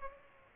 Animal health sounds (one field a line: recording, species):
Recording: mosquito wingbeat signal from an infrared sensor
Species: Aedes aegypti